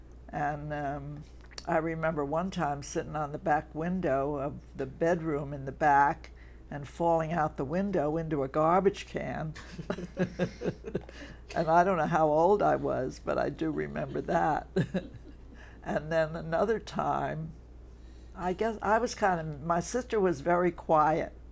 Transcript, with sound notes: And I remember one time sitting on the back window of the bedroom in the back and falling out the window into a garbage can. [laughter] And I don't know how old I was but I do remember that. [chuckles] And then another time — I gu — I was kind of — my sister was very quiet,